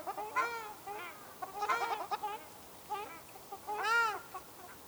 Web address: sound Ruddy-shelduck